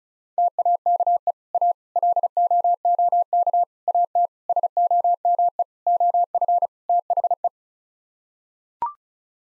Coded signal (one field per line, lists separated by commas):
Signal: Morse code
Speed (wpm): 36 wpm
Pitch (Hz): 700 Hz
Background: none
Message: TAKE A LOOK AT SOME OF THE